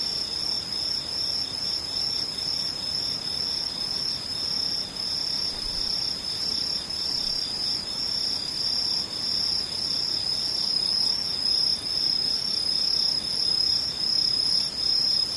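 Insects chirr without a break through the whole clip, a dense, high, even trilling with a rapid pulsing texture. A faint low rustle runs underneath, and the overall level stays nearly constant, swelling only slightly toward the end.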